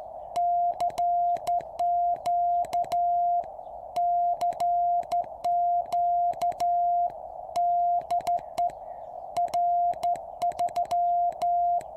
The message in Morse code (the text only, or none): CQ CQ DE R3